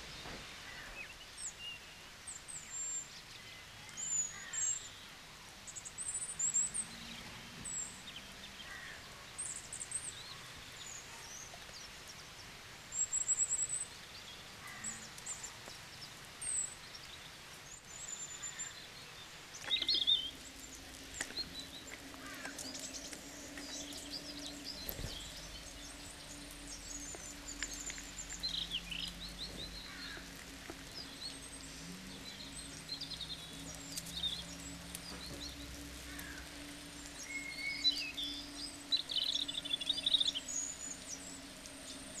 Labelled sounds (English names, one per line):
European Robin song